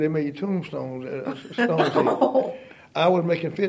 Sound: laughter

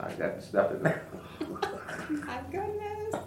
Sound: laughter

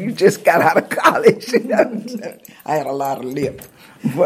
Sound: laughter

